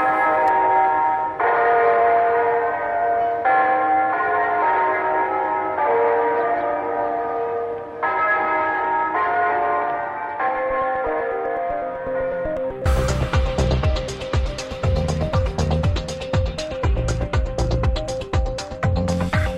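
signal or alarm, church bells ringing

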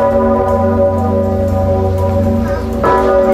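signal or alarm, large church bell tolling

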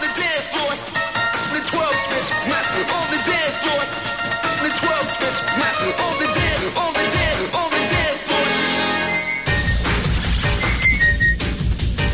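human body sound, person whistling a tune

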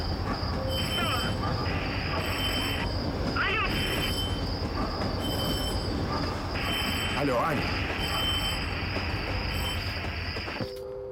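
ambience, train passing

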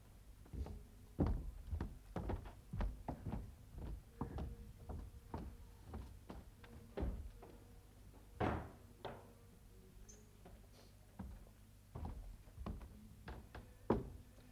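household object, door being closed

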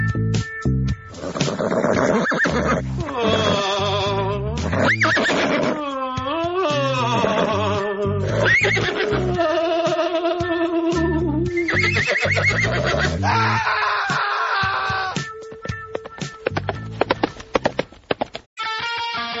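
animal, horse neighing and whinnying

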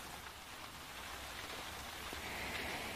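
nature, rain falling

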